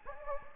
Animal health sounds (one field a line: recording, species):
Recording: mosquito wingbeat signal from an infrared sensor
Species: Anopheles gambiae